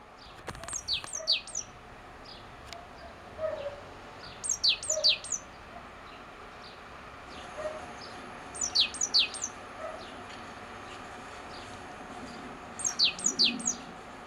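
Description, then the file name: Great tit giving repeated bursts of three or four sharp descending notes, roughly every four seconds, with faint other bird notes and steady background noise. "Parus major"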